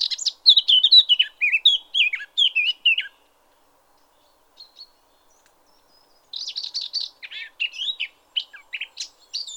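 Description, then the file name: Eurasian blackcap song: a rapid, varied warble of high chattering and sliding notes for three seconds, then a pause and a second warbled burst. "Sylvia atricapilla"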